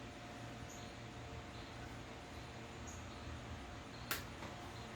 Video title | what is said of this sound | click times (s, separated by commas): Ariens with Briggs and Stratton Intek Surges and Stalls ( cuts off ) Riding Mower Easy DIY Watch End | make sure you hear that little click it's in there good | 4.1 s